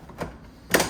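A plastic top cover is lined up and pressed down onto the base of a Litter-Robot 4 automatic litter box to close the unit. A softer knock comes at 0.2 s, then a louder, sharper hit at 0.7 s as the cover settles into place. It doesn't snap in but sits flush, and it is seated.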